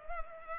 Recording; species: mosquito wingbeat signal from an infrared sensor; Culex pipiens